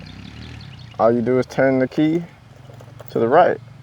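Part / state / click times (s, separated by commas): lock cylinder into glove box latch / not seated / none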